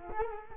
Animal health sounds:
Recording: mosquito wingbeat signal from an infrared sensor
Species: Culex quinquefasciatus

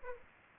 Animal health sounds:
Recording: mosquito wingbeat signal from an infrared sensor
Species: Aedes aegypti

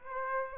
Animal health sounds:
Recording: mosquito wingbeat signal from an infrared sensor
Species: Aedes aegypti

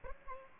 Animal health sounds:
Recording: mosquito wingbeat signal from an infrared sensor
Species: Aedes aegypti

